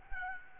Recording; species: mosquito wingbeat signal from an infrared sensor; Aedes albopictus